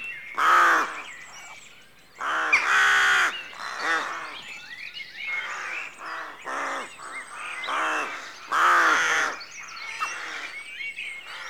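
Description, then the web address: Rooks cawing, several harsh grating caws from a colony in loose bursts. Rookery at dawn, rural exterior atmosphere background. "BBC Sound Effects Library BBC 52-Exterior Atmospheres-Rural Backg 04 Rookery Dawn"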